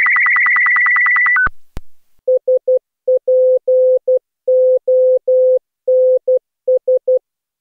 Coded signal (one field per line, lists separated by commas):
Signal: Morse code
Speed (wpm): 15 wpm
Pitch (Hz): 510 Hz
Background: none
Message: SPONS